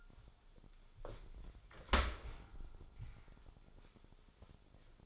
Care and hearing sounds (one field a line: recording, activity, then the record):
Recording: daily activity, microphone in the room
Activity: open dishwasher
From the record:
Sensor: 5